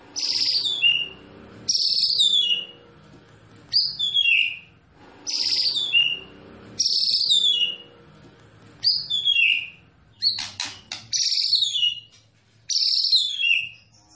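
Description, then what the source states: White-rumped shama song: loud whistled phrases sweeping sharply downward, repeated with short pauses. Masteran training recording of a champion white-rumped shama song, used to teach other songbirds.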